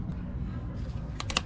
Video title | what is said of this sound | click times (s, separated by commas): Milwaukee M18 ทดลองไขควงกระแทกและสว่านกระแทก ต่างกันตรงไหน | เนี่ยครับมันจะดังแก๊กแล้วก็ถือว่าล็อคแล้วนะครับ | 1.2 s, 1.3 s, 1.4 s